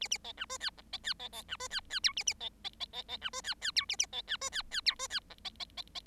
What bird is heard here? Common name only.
Bengalese Finch